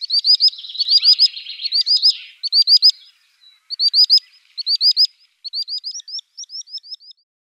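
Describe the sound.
Common sandpiper's high piping notes in quick triplets, with a soft rushing noise early on, ending in a longer even run of separate thin notes.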